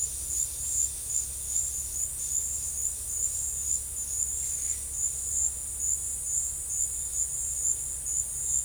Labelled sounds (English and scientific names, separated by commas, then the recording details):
none
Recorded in pastures near Puerto Asís, Putumayo, Colombia, on 28 February 2025 at 13:30
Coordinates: 0.502, -76.324
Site GP07